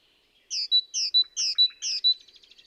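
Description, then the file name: Great tit singing four rapid, high two-part notes, each a slurred sweep followed by a short pure whistle, in an even, bouncing rhythm. "Parus major"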